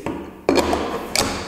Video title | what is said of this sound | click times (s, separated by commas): Présentation du karcher WD 6 | accessoires peuvent se ranger à l'arrière il dit comme ça on vienne se clipser et | 0.5 s